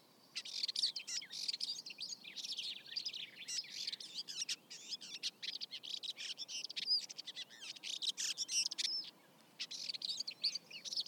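Red-backed shrike song: a long, continuous, scratchy warble of varied chattering notes with few breaks.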